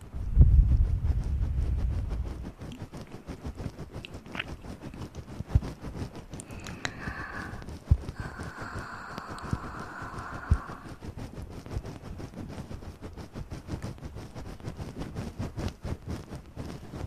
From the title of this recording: Mouth Sounds & Breathing